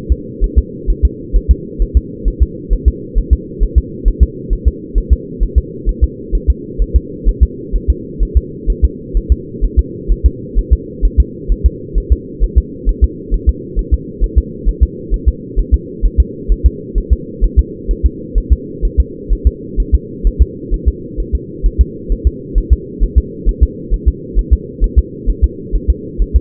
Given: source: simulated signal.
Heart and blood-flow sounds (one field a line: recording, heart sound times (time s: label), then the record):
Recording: fetal heart sounds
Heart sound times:
0.12 s: S2
0.44 s: S1
0.58 s: S2
0.90 s: S1
1.05 s: S2
1.36 s: S1
1.51 s: S2
1.82 s: S1
1.97 s: S2
2.28 s: S1
2.43 s: S2
2.73 s: S1
2.88 s: S2
3.18 s: S1
3.33 s: S2
3.63 s: S1
3.78 s: S2
4.08 s: S1
4.23 s: S2
4.53 s: S1
4.68 s: S2
4.98 s: S1
5.13 s: S2
5.43 s: S1
5.58 s: S2
5.89 s: S1
6.04 s: S2
6.35 s: S1
6.50 s: S2
6.82 s: S1
6.96 s: S2
7.28 s: S1
7.43 s: S2
7.75 s: S1
7.90 s: S2
8.23 s: S1
8.37 s: S2
8.70 s: S1
8.84 s: S2
9.17 s: S1
9.32 s: S2
9.64 s: S1
9.79 s: S2
10.12 s: S1
10.26 s: S2
10.59 s: S1
10.73 s: S2
11.05 s: S1
11.20 s: S2
11.52 s: S1
11.66 s: S2
11.98 s: S1
12.12 s: S2
12.44 s: S1
12.58 s: S2
12.89 s: S1
13.04 s: S2
13.34 s: S1
13.49 s: S2
13.79 s: S1
13.94 s: S2
14.24 s: S1
14.38 s: S2
14.68 s: S1
14.83 s: S2
15.14 s: S1
15.28 s: S2
15.59 s: S1
15.74 s: S2
16.05 s: S1
16.20 s: S2
16.52 s: S1
16.66 s: S2
16.98 s: S1
17.13 s: S2
17.44 s: S1
17.59 s: S2
17.91 s: S1
18.06 s: S2
18.38 s: S1
18.52 s: S2
18.85 s: S1
19.00 s: S2
19.32 s: S1
19.47 s: S2
19.80 s: S1
19.95 s: S2
20.27 s: S1
20.42 s: S2
20.74 s: S1
20.88 s: S2
21.20 s: S1
21.35 s: S2
21.66 s: S1
21.81 s: S2
22.12 s: S1
22.27 s: S2
22.58 s: S1
22.73 s: S2
23.03 s: S1
23.18 s: S2
23.49 s: S1
23.63 s: S2
23.94 s: S1
24.08 s: S2
24.39 s: S1
24.53 s: S2
24.84 s: S1
24.99 s: S2
25.30 s: S1
25.44 s: S2
25.75 s: S1
25.90 s: S2
26.22 s: S1
26.36 s: S2
From the record:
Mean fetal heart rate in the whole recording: 130 bpm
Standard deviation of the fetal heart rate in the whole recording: 2 bpm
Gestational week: 36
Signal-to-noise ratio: -4.1 dB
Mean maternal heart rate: no maternal heart sound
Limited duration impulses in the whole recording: absent